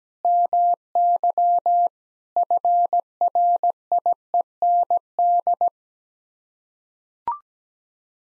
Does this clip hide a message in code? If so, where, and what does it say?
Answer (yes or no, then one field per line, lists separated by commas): yes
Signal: Morse code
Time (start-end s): 0.2-5.7 s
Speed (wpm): 17 wpm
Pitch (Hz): 700 Hz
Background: none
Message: MY FRIEND